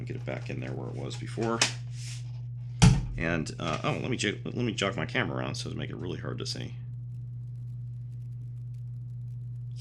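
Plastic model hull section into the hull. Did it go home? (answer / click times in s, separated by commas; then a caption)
yes / 2.8 s. The plastic front section of a Dragon 1/350 Scharnhorst 1941 ship model hull is pushed back into position in the hull during a dry fit. Someone talks, and one sharp snap at 2.8 s marks the section seating in place.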